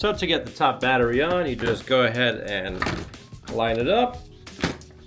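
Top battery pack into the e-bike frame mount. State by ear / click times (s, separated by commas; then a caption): seated / 4.5 s. Someone talks while lining up the top battery pack of a 72V Goat Power Bikes Mini Goat e-bike and sliding it onto its mount on the frame. The pack clicks into place at 4.5 s with a short thunk and is seated, though it still needs a check that it is actually locked.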